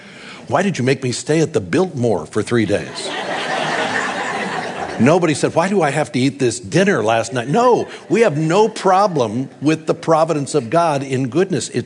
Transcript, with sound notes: “Why did You make me stay at the Biltmore for three days?” (Laughter) Nobody said, “Why do I have to eat this dinner?” last night. No! We have no problem with the providence of God in goodness.